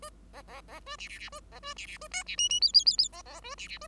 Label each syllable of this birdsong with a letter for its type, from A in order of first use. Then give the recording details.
A B B B A C C C A B A C C A D C E E F F F F B B A C C A. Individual Bird5